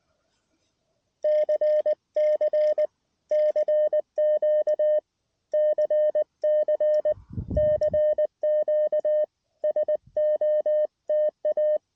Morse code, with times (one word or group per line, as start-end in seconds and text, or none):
1.3-2.9 CC
3.3-5.0 CQ
5.5-7.1 CC
7.6-9.2 CQ
9.6-11.8 SOTA